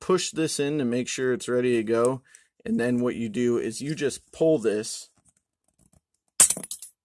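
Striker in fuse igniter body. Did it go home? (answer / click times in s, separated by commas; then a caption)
released / 6.7 s. Someone talks while handling an inert M81 fuse igniter, then pulls its pull rod. The spring-loaded metal striker inside the igniter body releases with a sharp metallic snap at 6.7 seconds, amid a brief cluster of clicks.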